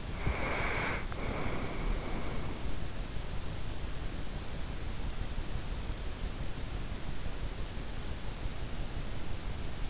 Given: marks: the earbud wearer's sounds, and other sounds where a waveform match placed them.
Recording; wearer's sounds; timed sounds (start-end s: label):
sounds in sleep by an in-ear microphone; breath
0.00-2.74 s: breath